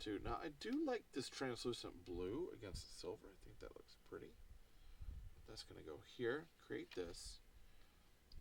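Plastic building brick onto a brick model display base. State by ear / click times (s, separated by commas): seated / 8.3 s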